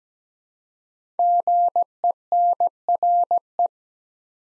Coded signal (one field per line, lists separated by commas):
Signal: Morse code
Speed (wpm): 17 wpm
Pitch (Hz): 700 Hz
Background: none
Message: GENRE